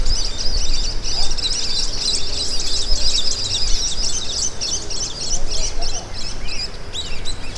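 Birds chirping in a steady stream of high, quick notes over constant low rumbling background noise.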